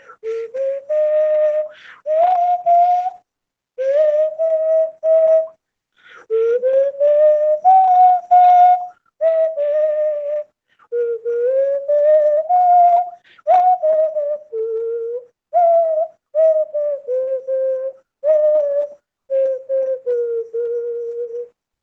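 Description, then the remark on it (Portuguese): A simple indigenous Amazonian whistle, used to communicate with birds, is blown in a string of short melodic phrases, its steady mid-pitched notes sliding up and down between brief pauses, loud and clear with no talking. “Mas esse apito tão simples, né, que você pode comprar em qualquer mercado também, ele possibilita que a gente possa tirar som.”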